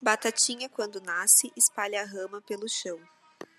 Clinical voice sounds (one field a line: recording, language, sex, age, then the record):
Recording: short text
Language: Brazilian Portuguese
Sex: female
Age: 20 to 29 years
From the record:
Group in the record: control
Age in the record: 28 years